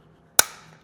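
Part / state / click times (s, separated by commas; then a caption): plastic wheel locking lever on a pressure washer wheel / seated / 0.4 s. A plastic wheel-lock lever on the wheel of a VEVOR 2700 psi, 1.8 gpm pressure washer is flipped back down. It snaps into the locked position with one loud, sharp snap at 0.4 s, then the sound fades quickly. The wheel is locked in place again.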